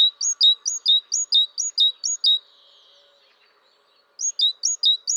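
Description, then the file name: Great tit song: a run of snappy two-note phrases, high then lower, stopping for under two seconds, then starting again. "Parus major"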